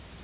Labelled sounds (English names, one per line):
Cape May Warbler flight call